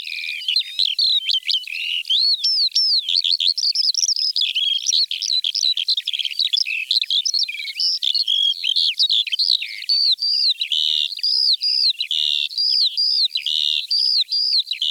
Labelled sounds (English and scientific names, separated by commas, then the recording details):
Eurasian Skylark (Alauda arvensis) song
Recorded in the wild
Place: Neuenwalde / Cuxhaven, Schleswig-Holstein, DE
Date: 1987-05-27
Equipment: Alparon-Reflektor
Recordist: Schwarz, Dieter